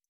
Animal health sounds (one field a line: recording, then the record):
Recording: hydrophone in a shrimp aquaculture tank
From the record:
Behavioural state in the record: stressed